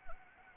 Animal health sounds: mosquito wingbeat signal from an infrared sensor; Anopheles arabiensis

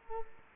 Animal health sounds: mosquito wingbeat signal from an infrared sensor; Culex quinquefasciatus

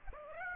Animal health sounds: mosquito wingbeat signal from an infrared sensor; Aedes aegypti

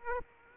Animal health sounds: mosquito wingbeat signal from an infrared sensor; Aedes aegypti

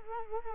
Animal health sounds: mosquito wingbeat signal from an infrared sensor; Culex quinquefasciatus

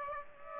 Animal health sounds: mosquito wingbeat signal from an infrared sensor; Aedes aegypti

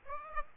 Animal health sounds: mosquito wingbeat signal from an infrared sensor; Aedes aegypti

